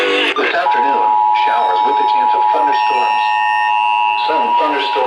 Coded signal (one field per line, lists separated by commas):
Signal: Emergency Alert System (SAME) tones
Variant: 853 and 960 Hz attention tone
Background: speech, music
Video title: An Interesting Series of Events.. EAS Alerts from 3/16/26 (EAS #1,362-#1,400)